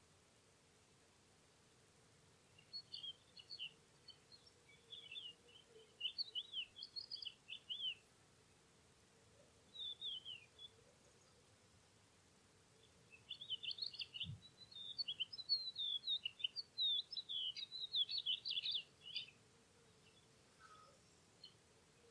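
Spring birds over cereal fields sing bright chirping bursts in two busy spells, with a steady low hum beneath and one soft thump midway.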